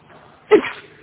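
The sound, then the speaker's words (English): A single sneeze bursts out suddenly, a sharp, bright explosive sound that tails off quickly into quiet, with no talking around it. “Bless you.”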